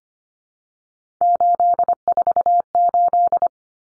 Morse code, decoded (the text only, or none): 848